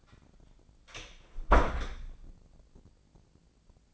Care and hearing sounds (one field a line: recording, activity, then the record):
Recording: daily activity, microphone in the room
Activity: close door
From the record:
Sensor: 5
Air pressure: 1009.3 hPa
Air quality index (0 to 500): 165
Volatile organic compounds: 2 ppm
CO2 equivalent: 1258 ppm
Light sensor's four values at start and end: 128/301/129/139 and 128/302/129/139